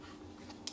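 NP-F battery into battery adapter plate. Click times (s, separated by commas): 0.7 s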